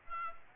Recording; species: mosquito wingbeat signal from an infrared sensor; Aedes aegypti